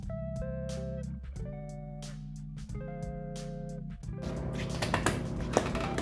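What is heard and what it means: A roll-on skate base is clipped onto the sole of a shoe skate over guitar music, and a sharp click is heard at about 5.1 s. The base is only partly attached, because its front hook is not in place.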